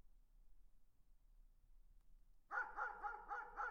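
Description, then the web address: Dog barking: silence for two and a half seconds, then a rapid run of five or six short barks. "tag собаки"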